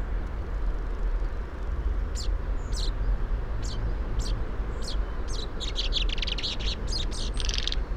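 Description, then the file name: Common chaffinch calls: scattered sharp high chirps, thickening into a busy burst of twittering near the end, with constant low background rumble. "Fringilla coelebs"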